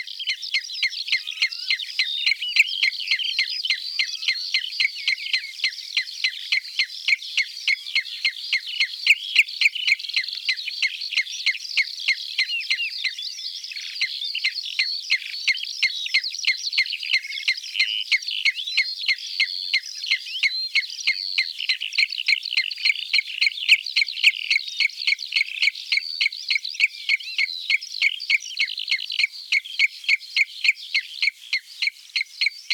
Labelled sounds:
Common Redshank song
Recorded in the wild
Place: Cuxhaven, Schleswig-Holstein, DE
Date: 1978-07-05
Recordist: Schwarz, Dieter
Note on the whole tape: Song

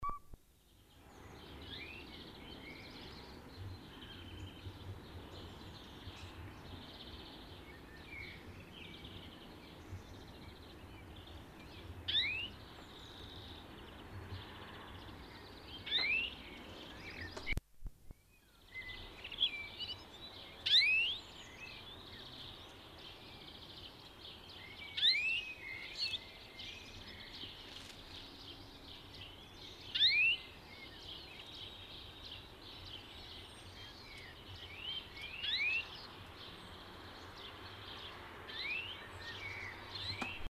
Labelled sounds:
European Greenfinch call
Common Blackbird
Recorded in the wild
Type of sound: call
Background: Turdus merula
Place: Garmisch-Partenkirchen, Bayern, DE
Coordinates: 47.4922, 11.0728
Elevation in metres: 709
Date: 1973-04-25
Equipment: Nagra IV, Sennheiser MKH 405, Parabolreflektor
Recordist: Tretzel, Erwin
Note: Maximilianstraße, Garmisch-Partenkirchen: Rufe

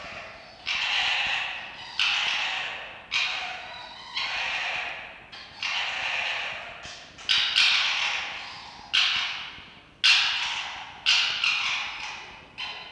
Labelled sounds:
Red Fox
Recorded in captivity
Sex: diverse
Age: adult
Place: Zoologisches Institut der HUB, Berlin, DE
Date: 1952-11-20 18:35
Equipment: Elmetra
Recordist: Tembrock, Günter

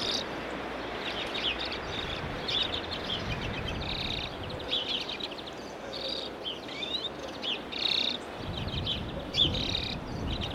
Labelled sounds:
Common Redpoll call
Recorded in the wild
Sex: male
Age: adult
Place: Kuchelmiß, Mecklenburg-Vorpommern, DE
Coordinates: 53.667, 12.347
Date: 1978-05-01
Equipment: Nagra III BH, Sennheiser MD 21, parabola
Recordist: Schubert, Michael
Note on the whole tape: Birkenzeisig adultes Männche

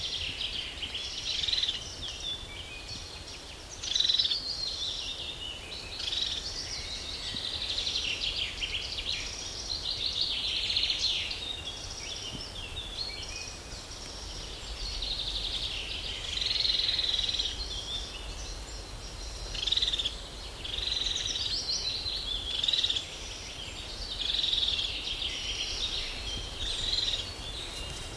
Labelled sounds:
European Crested Tit call
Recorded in the wild
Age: adult
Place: Mühlenbecker Wald, Brandenburg, DE
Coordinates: 52.7, 13.4
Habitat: waterhead
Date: 1988-07-10 11:41
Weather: overcast, 17-20°C, winds
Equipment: Sony WM-D6C, Kopie Tesla B 116
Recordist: Tembrock, Günter

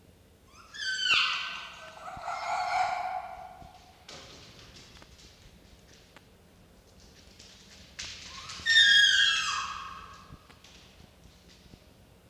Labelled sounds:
Red Fox
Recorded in captivity
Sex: pair
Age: adult
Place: Zoologisches Institut der HUB, Berlin, DE
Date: 1953-03-09 16:30
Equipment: Elmetra
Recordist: Tembrock, Günter

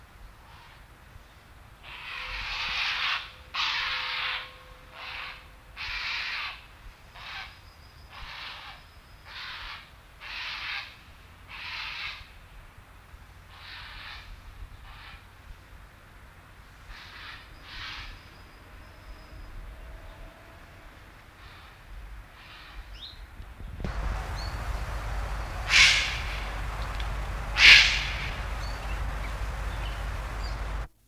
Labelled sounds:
Grey Heron call
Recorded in the wild
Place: Sontra, OT Berneburg, Hessen, DE
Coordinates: 51.0593, 9.8853
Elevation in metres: 250
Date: 1975-08-02
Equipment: Halbspur, 9,5 cm/s
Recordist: Lütgens, Hans

